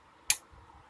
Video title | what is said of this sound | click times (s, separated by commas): Video 4 1999 Ford F-150 | it's the pop remember I only go in like about sixteenth of an inch here or | 0.3 s